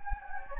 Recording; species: mosquito wingbeat signal from an infrared sensor; Anopheles gambiae